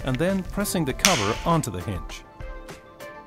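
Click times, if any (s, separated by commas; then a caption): none. A plastic hinge cover is being handled and pressed onto the front of a knee brace hinge, while someone talks over background music. The part has not snapped into place yet, and no click is heard.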